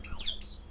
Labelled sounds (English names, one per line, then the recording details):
Stitchbird song
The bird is a male
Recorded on Tiritiri Matangi Island, New Zealand, in 2005
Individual 17, of nest box 25